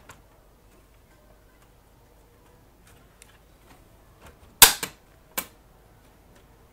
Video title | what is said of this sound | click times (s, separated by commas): Back to Work! IBM Wheelwriter Restoration, part 3 | I can sort it all clicks into place | 4.6 s